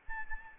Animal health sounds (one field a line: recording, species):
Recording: mosquito wingbeat signal from an infrared sensor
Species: Aedes albopictus